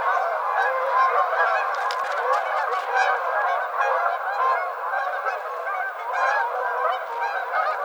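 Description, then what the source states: Canada goose: canada geese honking in a large group, a rapid babble of overlapping honks that keeps up steadily the whole time. Recorded 7 February 2007.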